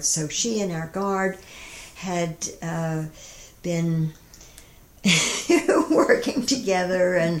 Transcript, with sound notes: So, she and our guard had been [laughter] working together…